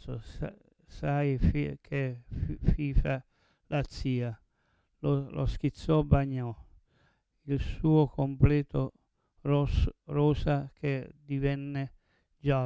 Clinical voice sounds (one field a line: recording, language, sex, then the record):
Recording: read passage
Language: Italian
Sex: male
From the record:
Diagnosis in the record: Parkinson's disease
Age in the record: 70 years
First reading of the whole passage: 112 s, 4.6 characters per second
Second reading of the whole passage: 107 s, 4.9 characters per second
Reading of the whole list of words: 68 s, 4.1 characters per second